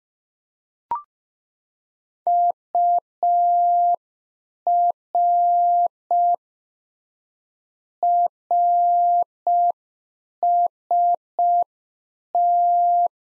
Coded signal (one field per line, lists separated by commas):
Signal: Morse code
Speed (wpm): 5 wpm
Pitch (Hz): 700 Hz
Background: none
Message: UR RST